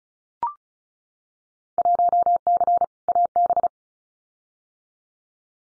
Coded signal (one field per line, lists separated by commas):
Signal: Morse code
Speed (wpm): 34 wpm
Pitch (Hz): 700 Hz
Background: none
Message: 1C AB